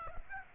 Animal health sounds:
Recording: mosquito wingbeat signal from an infrared sensor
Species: Aedes aegypti

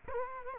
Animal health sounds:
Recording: mosquito wingbeat signal from an infrared sensor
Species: Culex quinquefasciatus

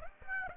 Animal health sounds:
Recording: mosquito wingbeat signal from an infrared sensor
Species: Aedes aegypti

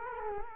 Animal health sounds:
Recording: mosquito wingbeat signal from an infrared sensor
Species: Culex quinquefasciatus

